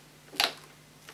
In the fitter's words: until it clicks firmly into place.